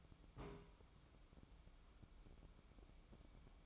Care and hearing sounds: daily activity, microphone in the room; place on stove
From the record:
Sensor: 1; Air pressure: 1008.1 hPa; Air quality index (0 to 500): 136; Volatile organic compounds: 2 ppm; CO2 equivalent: 1142 ppm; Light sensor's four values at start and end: 8/18/7/8 and 8/18/7/8

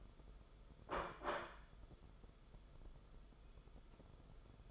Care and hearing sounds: daily activity, microphone in the room; place plate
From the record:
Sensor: 5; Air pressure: 994.5 hPa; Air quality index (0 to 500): 169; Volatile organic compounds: 560 ppm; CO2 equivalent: 4894 ppm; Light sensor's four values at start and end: 9/22/9/10 and 9/22/9/10

